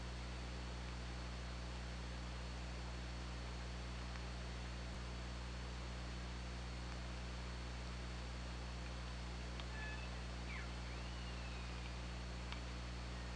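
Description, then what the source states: Orca calls: a short tonal call followed by a longer, wavering and bending whistle near the end, over steady hiss, low hum and occasional clicks. Underwater hydrophone at OrcaLab, 24 August 2017 at 22:21:30.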